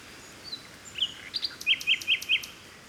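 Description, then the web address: Bird song with a few thin high notes, then four crisp sharp chirps in quick succession, against steady soft noise. Mediterranean forest by the sea in Greece, early morning in spring. "2019-Game Audio Bundle West Wolf - Seaside Nature And Waves - Nature Forest Birds Wind Early Morning Spring Distant Sea Mediterranean Grece"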